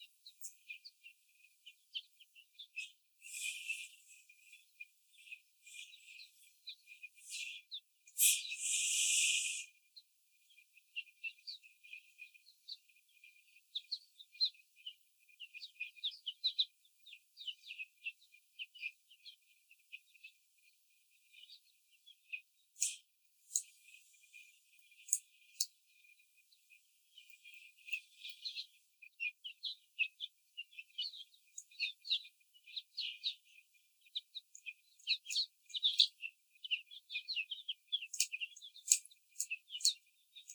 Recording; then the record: young laying hens in a cage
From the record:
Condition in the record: before the stressor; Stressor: simulated dog barking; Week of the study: 4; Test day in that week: 2